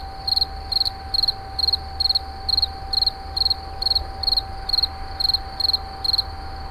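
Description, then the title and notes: Insect chirping in short high-pitched trilled bursts, repeated over a continuous low hum and faint rumble. Recorded in 2011 near a wastewater treatment plant at Moulins-sur-Allier. "Insect near WWTP. 2011, Moulins sur allier"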